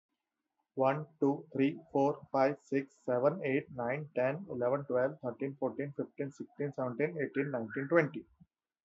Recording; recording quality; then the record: counting at a fast pace; excellent, no background noise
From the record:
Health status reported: healthy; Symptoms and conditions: none ticked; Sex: male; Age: 47 years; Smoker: not ticked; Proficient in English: yes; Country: India